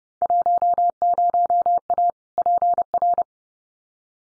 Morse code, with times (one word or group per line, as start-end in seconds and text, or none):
0.2-2.1 10A
2.4-3.2 PR